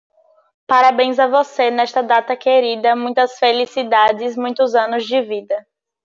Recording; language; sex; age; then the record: short text; Brazilian Portuguese; female; 18 to 19 years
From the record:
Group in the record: control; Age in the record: 19 years